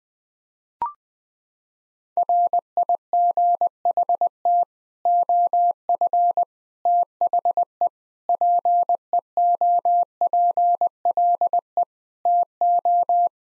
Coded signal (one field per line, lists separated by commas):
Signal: Morse code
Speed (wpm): 21 wpm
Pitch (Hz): 700 Hz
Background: none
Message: RIGHT OF THE PEOPLE TO